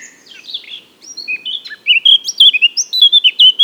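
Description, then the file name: Eurasian blackcap song starting with soft chattering, then breaking into bright, loud, clear whistles tumbling quickly up and down. "Sylvia atricapilla"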